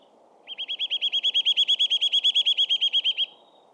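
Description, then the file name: Eurasian nuthatch trill: a rapid, even run of many upslurred whistled notes over steady low background noise. "Sitta europaea"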